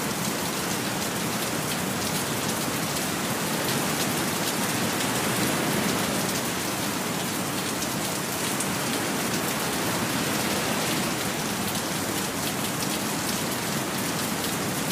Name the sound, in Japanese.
雷雨と波の音